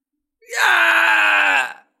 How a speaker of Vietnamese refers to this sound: Sinh linh ấy hét thảm, ánh mắt đỏ đậm, giãy giụa không ngừng, rít gào la hét.